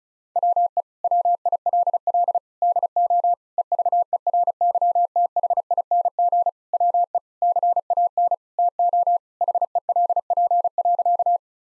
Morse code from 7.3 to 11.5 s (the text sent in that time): CAN TO HELP.